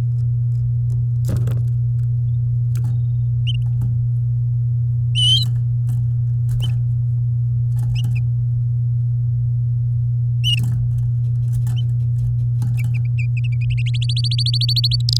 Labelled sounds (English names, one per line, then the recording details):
Domestic Canary song
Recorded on 9 May 2018 at 11:10
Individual llb16